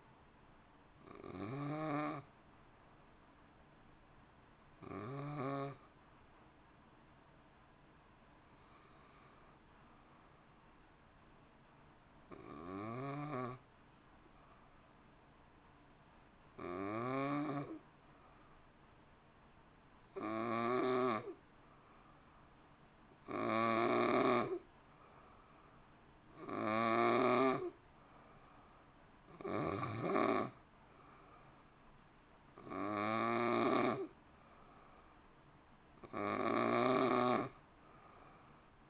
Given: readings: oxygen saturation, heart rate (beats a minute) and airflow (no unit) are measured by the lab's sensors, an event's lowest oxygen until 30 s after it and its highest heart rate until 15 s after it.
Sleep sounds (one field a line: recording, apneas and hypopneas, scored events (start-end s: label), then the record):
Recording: breathing in sleep by a voice recorder at the bedside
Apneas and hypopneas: 1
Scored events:
6.00-23.30 s: hypopnea (N2, oxygen 94% highest, then 90% lowest)
From the record:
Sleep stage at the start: N2 (light sleep)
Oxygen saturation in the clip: 90 to 94%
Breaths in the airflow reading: 11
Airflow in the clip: -1.1 to 1.5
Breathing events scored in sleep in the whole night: 328 in 6.3 hours asleep